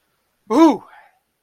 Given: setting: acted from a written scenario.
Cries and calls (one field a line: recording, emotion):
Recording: vocal sound without words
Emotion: positive surprise